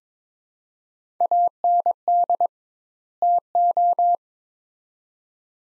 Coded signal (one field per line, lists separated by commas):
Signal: Morse code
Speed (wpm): 22 wpm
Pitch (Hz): 700 Hz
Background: none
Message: AND TO